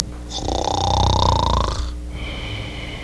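A single long, rattling inhaled snore lasts about a second and a half, with a coarse low vibration and a brief whistling edge, then fades into a quieter breath.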